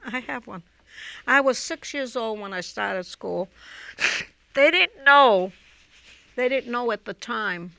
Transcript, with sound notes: I have one. I was six years old when I started school. (she blows her nose) They didn't know, they didn't know at the time